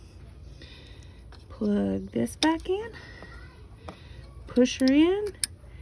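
The plastic wiring harness connector for the throttle body on a 2011-2014 Ford F-150 3.5L is handled and brought toward its socket while someone talks, with a few faint ticks and light handling noise underneath. Nothing has seated or clicked yet.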